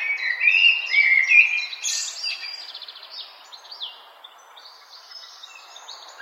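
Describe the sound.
Bird song: high whistled notes followed by a rapid trill of repeated chirps that fades into soft twittering.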